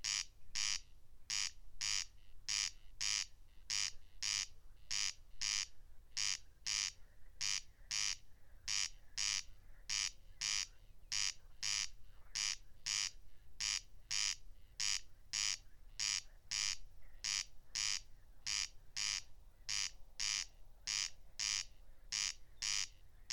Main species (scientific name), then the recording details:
Crex crex. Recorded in the wild. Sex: male. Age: adult. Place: Schwedt/Oder, Nationalpark Unteres Odertal, Brandenburg, DE. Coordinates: 53.0384, 14.292. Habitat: meadow. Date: 2020-07-08 22:55. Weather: 11°C, 90% humidity, almost windless. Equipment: Edirol R44, Microtech Gefell MK 250/MV220. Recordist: Frommolt, Karl-Heinz